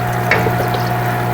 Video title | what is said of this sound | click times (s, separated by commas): Classroom Hatchery Week 2 | And that clicks into place as well. | 0.3 s